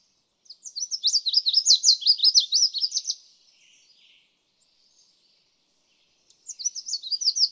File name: Red-faced Warbler